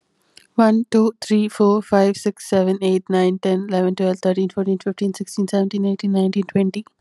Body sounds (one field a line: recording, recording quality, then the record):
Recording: counting at a fast pace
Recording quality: excellent, no background noise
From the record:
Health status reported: recovered from COVID-19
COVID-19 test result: positive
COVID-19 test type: RT-PCR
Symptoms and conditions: cough, cold, fatigue, loss of smell and taste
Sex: female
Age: 19 years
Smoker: no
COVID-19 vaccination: both doses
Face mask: worn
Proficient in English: yes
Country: India